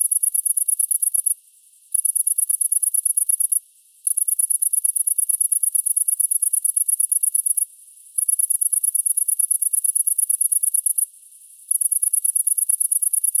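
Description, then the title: Great green bush-cricket song: long high-pitched buzzy trains of rapid ticking pulses, broken by brief pauses about every two to four seconds, with no other sounds. Recorded at Apt, Vaucluse, France, in June 2010. "Sylvain Jaskowiak - Animus. Grande sauterelle verte - Apt , Vaucluse - juin 2010"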